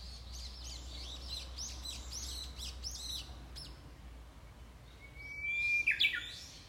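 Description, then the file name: Japanese bush warbler song at the end: a held whistle, then a sharp falling flourish, after a stretch of rapid high chirps. "ウグイス"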